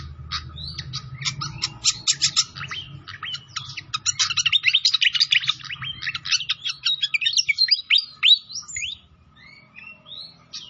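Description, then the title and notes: Pied fantail song: long run of rapid high chirps and twitters, ending with a few separate whistled notes, over a low hum. Masteran (training song for cage birds) of clear-voiced song, mixed with the sound of trickling water. "Masteran Sikatan Kipas Suara Jernih Dan Suara Gemericik Air. Suara Burung Sikatan Londo"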